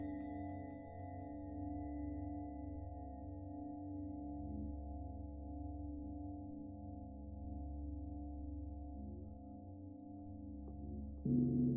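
Buddhist chanting and singing bells form a steady, low drone with several long ringing tones held above it. The sound stays even and dense for most of the clip, then a new, louder ring starts near the end.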